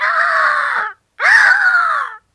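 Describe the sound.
Hawk screaming: two harsh, drawn-out rasping cries of about a second each, the second one falling slightly in pitch, separated by a brief silence.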